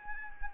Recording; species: mosquito wingbeat signal from an infrared sensor; Anopheles arabiensis